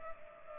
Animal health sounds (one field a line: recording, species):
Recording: mosquito wingbeat signal from an infrared sensor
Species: Culex pipiens